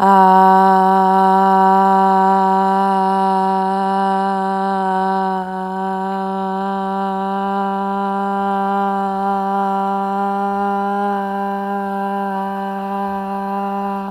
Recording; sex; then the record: sustained vowel /a/; female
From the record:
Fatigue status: no fatigue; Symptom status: symptomatic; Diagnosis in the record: COVID-19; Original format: m4a